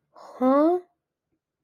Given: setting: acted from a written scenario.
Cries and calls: vocal sound without words; confusion

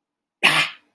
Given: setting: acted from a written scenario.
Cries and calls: vocal sound without words; pain

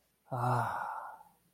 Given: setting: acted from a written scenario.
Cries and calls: vocal sound without words; disappointment

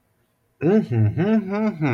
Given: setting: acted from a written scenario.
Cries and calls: vocal sound without words; pride

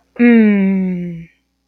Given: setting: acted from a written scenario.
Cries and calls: vocal sound without words; contentment

